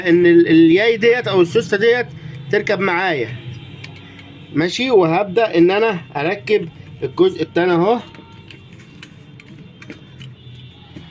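Someone talks while starting to fit the second plastic part of a toner/drum cartridge for a Ricoh 3400, 3410, 3500 or 3510 into the cartridge housing during a drum and drum blade replacement. After the talking, brief, light handling sounds are heard as the part is lined up. It has not been pressed home and nothing has clicked into place yet.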